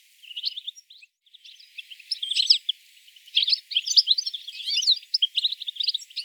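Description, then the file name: European goldfinch calls, a fast jumble of liquid tinkling chirps and twitters, broken by a short gap near the first second, then denser in the second half. "Carduelis carduelis"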